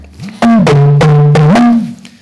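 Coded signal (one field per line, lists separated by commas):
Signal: talking drum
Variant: Yoruba dùndún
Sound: five resonant drum strokes whose pitch slides down then back up, speech-like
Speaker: drums do talk again he says now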